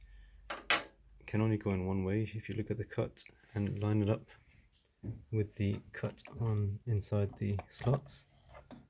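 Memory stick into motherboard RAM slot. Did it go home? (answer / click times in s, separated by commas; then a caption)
no / none. A memory stick is handled and lined up by the notch in its edge with the matching cut inside a motherboard RAM slot, while someone talks over it. A sharp tap sounds near 0.7 s. The stick is not yet pressed home, so the plastic retention clips have not clicked shut and nothing has seated yet.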